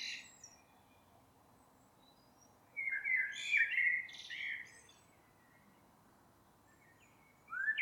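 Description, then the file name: Blackbird singing a fluted, warbling phrase with brief high flourishes, then silence before another phrase begins at the end. "Turdus merula"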